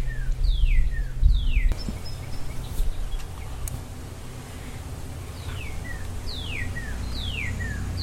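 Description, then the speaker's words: Northern Cardinal singing downslurred whistles, a few at the start, then after a gap several more, with clicks and a steady low hum behind. Singing in the country in springtime. "There's a cardinal singing."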